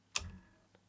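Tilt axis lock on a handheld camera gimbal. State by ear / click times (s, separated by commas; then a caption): seated / 0.2 s. The tilt axis lock clip on a Zhiyun Cinepeer Weebill 3e handheld camera gimbal is put in after balancing the tilt axis, and the camera is brought down until the lock engages. A sharp, bright tick at 0.2 s marks the lock seating, followed by a short low rumble and a faint softer tick at 0.8 s. The tilt axis is locked in place.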